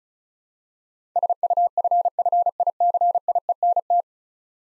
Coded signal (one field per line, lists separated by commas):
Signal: Morse code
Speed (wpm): 36 wpm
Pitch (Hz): 700 Hz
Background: none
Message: SUFFICIENT